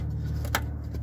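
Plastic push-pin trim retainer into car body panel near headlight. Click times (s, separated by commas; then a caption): 0.5 s. A plastic push-pin trim retainer is pressed back into a car body panel near the headlight of a 2008 Honda Civic, with its center pin pushed into place. A sharp snap at 0.5 s marks the retainer seating, heard over a steady low hum with fainter ticks just before and after. The clip is seated.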